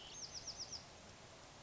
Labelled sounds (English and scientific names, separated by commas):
Bewick's Wren (Thryomanes bewickii)